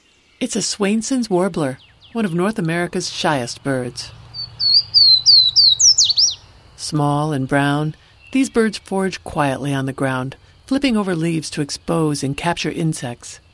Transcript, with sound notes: it’s a Swainson’s Warbler – one of North America’s shyest birds.. [Repeat song of Swainson’s Warbler] Small and brown, these birds forage quietly on the ground, flipping over leaves to expose and capture insects.